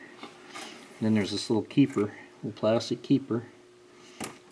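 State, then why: Seated. On a 2014 Chevrolet Equinox, during a transmission flush, a small plastic keeper clip is pushed over the reconnected transmission cooler line fitting to lock it in place. Someone talks for most of the clip before a short, sharp snap at 4.2 s. The keeper seats over the connector.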